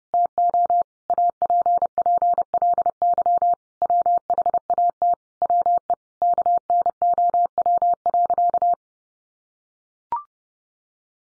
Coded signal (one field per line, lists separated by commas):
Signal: Morse code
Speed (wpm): 30 wpm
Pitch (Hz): 700 Hz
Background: none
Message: TO APPLY WHAT WE KNOW.